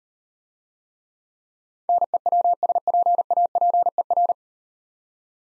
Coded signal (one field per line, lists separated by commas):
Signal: Morse code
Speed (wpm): 38 wpm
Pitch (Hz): 700 Hz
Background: none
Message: NEWSPAPER